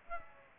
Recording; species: mosquito wingbeat signal from an infrared sensor; Aedes aegypti